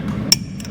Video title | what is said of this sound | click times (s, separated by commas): Does your RV have one of these??? Because it should! | it clicks like that on a click style or a split beam style, | 0.3 s